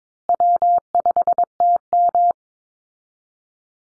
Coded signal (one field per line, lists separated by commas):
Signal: Morse code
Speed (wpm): 22 wpm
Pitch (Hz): 700 Hz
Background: none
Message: W5TM